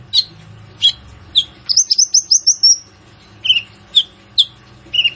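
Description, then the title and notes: Van Hasselt's sunbird song: spaced sharp high chirps, with a fast run of bright notes in the middle, over a faint low hum. Masteran (training recording for songbirds), loud, persistent singing with rich fill-in phrases and bursts, suited to prompting other birds to sing. "MASTERAN KOLIBRI NINJA FULL ISIAN DAN TEMBAKAN COCOK BUAT PANCINGAN. Suara Burung Kolibri Ninja Gacor"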